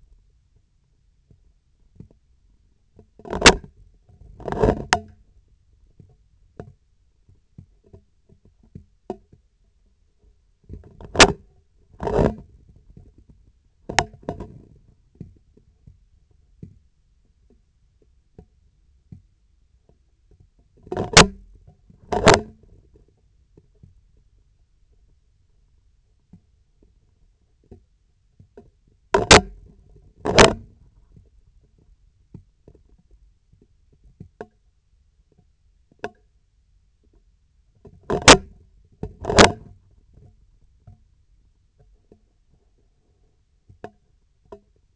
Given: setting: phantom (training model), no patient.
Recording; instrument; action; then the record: laparoscopic instrument, vibration sensor on the handle end; scissors; opening and closing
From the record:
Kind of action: tool actuation without material contact